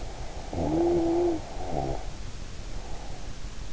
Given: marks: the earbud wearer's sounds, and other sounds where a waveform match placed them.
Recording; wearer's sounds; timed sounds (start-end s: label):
sounds in sleep by an in-ear microphone; snoring breath
0.07-3.20 s: snoring breath